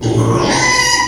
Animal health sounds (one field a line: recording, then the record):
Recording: squeal of a Yucatan mini pig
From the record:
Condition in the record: before surgery on the right vocal fold (resection and tissue-engineered implant)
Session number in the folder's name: 2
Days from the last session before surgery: 0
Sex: male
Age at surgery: 12 weeks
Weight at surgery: 13 kg